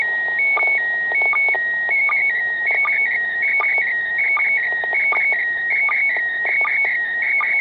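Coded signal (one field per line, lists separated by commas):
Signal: SSTV (slow-scan television)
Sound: warbling high tone jumping between two pitches, punctuated by short low sync chirps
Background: radio static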